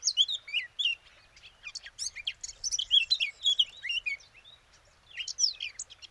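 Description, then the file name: Eurasian blackcap song, a continuous lively warble of chattering and clear whistled notes, with a short pause before a final burst. "Sylvia atricapilla"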